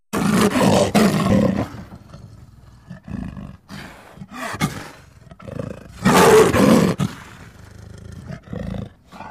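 Leopard calling with deep, rasping grunts in irregular bursts, several close together and then a long, loud roaring rasp, separated by quiet gaps.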